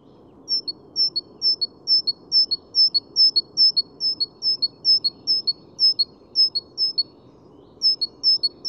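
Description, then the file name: Great tit song: a steady run of high two-note phrases, the first note higher, repeated about twice a second with one short break, over a low hum. "Parus major"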